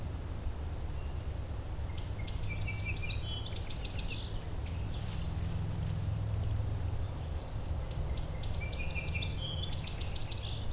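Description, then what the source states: Song sparrow song, two complex phrases of varied notes and trills several seconds apart, with a steady low rumble underneath. Beverly Swamp, early April 2021, spring morning.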